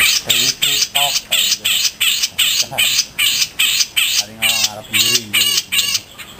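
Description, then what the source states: Grey-cheeked bulbul uttering loud, grating squawks in a steady beat, about two or three each second, some notes rougher and more wavering toward the end. Song style called resing.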